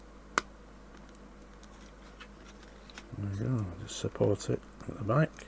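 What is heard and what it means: A plastic/die-cast centre console part of a Batmobile Tumbler model is pressed into its two plastic holders and gives one sharp snap at 0.4 s, followed by a few faint ticks. Someone then talks, and the part is seated in its holders.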